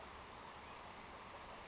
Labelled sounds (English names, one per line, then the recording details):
Western Flycatcher
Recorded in Sonoma County, California